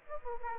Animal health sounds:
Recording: mosquito wingbeat signal from an infrared sensor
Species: Aedes aegypti

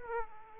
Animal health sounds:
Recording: mosquito wingbeat signal from an infrared sensor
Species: Aedes aegypti

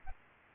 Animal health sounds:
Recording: mosquito wingbeat signal from an infrared sensor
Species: Aedes albopictus

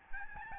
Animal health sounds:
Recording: mosquito wingbeat signal from an infrared sensor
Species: Aedes albopictus

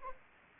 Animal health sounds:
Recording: mosquito wingbeat signal from an infrared sensor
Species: Anopheles gambiae

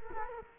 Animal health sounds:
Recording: mosquito wingbeat signal from an infrared sensor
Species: Culex quinquefasciatus

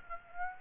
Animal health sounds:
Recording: mosquito wingbeat signal from an infrared sensor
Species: Aedes aegypti

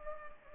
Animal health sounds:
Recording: mosquito wingbeat signal from an infrared sensor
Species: Culex pipiens

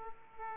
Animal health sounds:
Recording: mosquito wingbeat signal from an infrared sensor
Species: Aedes aegypti

